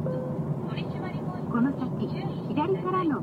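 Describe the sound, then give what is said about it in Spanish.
A car radar detector gives a spoken speed-trap alert, warning that this area commonly has speed checks: a synthetic-sounding voice talking in short phrases over a steady low rumble of road and engine noise. “Lo que han estado escuchando, lo primero es el radar que está diciendo que esta zona generalmente hace batida de velocidad.”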